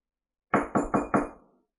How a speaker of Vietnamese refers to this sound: Một hồi tiếng gõ cửa vang lên, Thạch Mục mở cửa phòng, hóa ra Điện Hỏa Vũ đang đứng ngoài cửa.